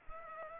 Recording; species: mosquito wingbeat signal from an infrared sensor; Culex pipiens